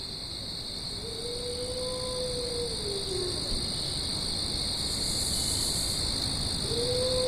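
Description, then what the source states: Wolf howling: a long steady howl that dips slightly at its end, then a second howl begins. A constant high insect chorus runs throughout. Recorded 27 September 2009.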